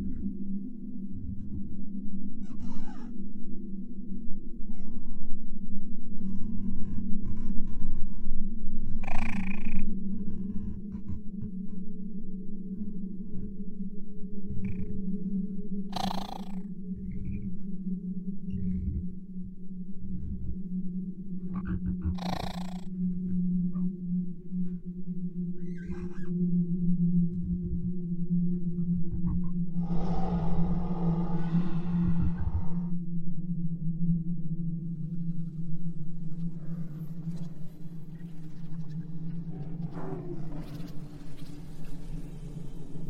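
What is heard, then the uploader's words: An alien exoplanet ambience built on a steady, low humming drone that stays constant throughout. Sharp bright cracks break through every few seconds, near 9, 16 and 22 seconds, with a hissing, rustling burst around 30 seconds and faint eerie calls drifting underneath. Alien planet | Exoplanet Ambience.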